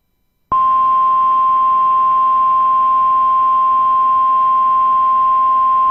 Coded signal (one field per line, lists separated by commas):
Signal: Emergency Alert System (SAME) tones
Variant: 1050 Hz attention tone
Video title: The Typical NWR Weeklies plus some others. (EAS 452-479)